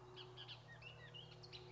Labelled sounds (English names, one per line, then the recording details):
Bullock's Oriole
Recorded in Sonoma County, California